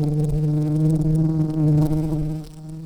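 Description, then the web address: Red-shanked carder bee buzzing, a steady low hum with rich overtones that swells slightly midway and softens toward the end. Queens. "bumblebees Ruderarius-queens"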